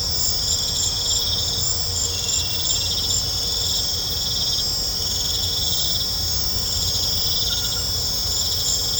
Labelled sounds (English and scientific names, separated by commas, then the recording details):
none
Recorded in pastures near Puerto Asís, Putumayo, Colombia, on 20 December 2024 at 20:30
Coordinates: 0.502, -76.324
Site G077